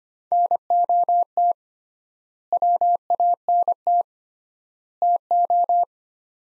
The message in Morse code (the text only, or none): NOT WANT TO